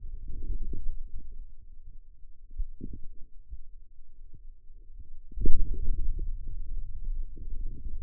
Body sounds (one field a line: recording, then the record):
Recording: forearm muscle sounds (acoustic myography)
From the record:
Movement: hand opening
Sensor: system 2, bracelet of six BSWA MPA416 microphones around the upper forearm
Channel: 6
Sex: male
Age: 22 years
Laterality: right